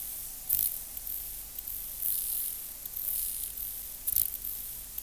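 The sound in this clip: Chorthippus oschei grasshopper song: very high, hissing buzzy bursts, with low rumbling noise underneath.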